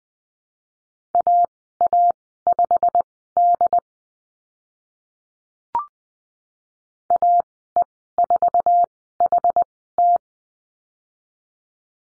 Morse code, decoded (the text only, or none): AA5D AE4HT